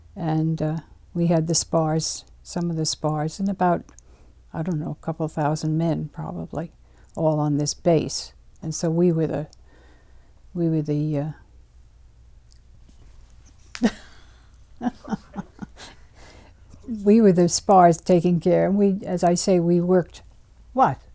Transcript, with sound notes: And we had this bars, some of this bars, and about, I don't know, a couple of thousand men probably all on this base. And so we were the, we were the, ( she laughs ) we were the SPARS taking care. And, as I say, we worked, what?